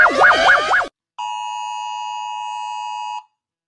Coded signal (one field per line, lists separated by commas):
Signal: Emergency Alert System (SAME) tones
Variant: 853 and 960 Hz attention tone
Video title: Rating EAS Alarms because why not